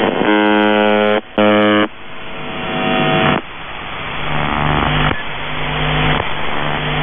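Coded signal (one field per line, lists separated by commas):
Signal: channel marker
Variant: UVB-76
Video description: "The Buzzer" is a Russian military radiostation that broadcasts on 4625 kHz.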